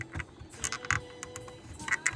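A plastic pry tool slides along the seam of a Synology DS2415+ NAS enclosure cover to release its plastic retaining clips, producing a series of short scraping ticks. A sharp click at 2.1 s marks one plastic clip letting go and releasing.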